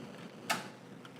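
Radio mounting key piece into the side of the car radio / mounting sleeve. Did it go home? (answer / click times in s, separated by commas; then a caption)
yes / 0.5 s. A small plastic mounting key piece for an aftermarket car radio being installed in a Honda S2000 is pushed in from the top on the second side of the radio and mounting sleeve. It seats with a sharp click at 0.5 s, followed by a fainter tick around 1.1 s. The key is clicked into place.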